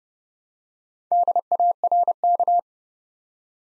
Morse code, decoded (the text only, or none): DARK